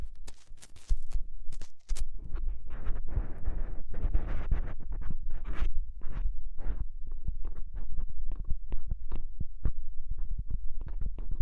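Ear exploration sounds: dense, rapid scratching and rubbing right against the microphone, with crackly bursts that come in quick clusters throughout. A deep, steady thumping underlies everything, and the busiest, loudest stretch falls between about two and six seconds.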